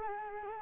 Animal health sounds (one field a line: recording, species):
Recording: mosquito wingbeat signal from an infrared sensor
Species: Culex quinquefasciatus